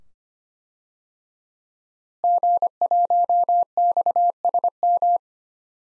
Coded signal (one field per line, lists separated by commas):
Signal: Morse code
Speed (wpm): 25 wpm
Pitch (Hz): 700 Hz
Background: none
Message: G1XSM